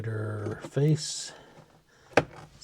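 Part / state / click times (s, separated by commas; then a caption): heater control slider face into slider control assembly / seated / 2.2 s. Someone talks while the plastic face of the heater slider control on a 1971 BMW 2002 is pressed back onto the slider control assembly in the dash during heater box installation. A single sharp snap at 2.2 s shows the face seating back in place.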